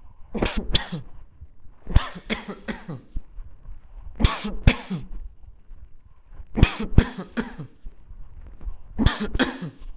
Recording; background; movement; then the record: voluntary coughing; quiet; walking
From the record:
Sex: male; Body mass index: 20.5 kg/m2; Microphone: on the chest, facing the body